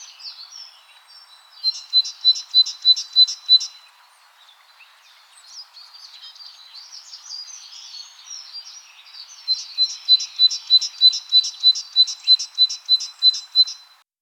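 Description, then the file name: Great tit calls: two bouts of sharp, high notes repeated about three times a second, with softer high twittering between them. "Parus major"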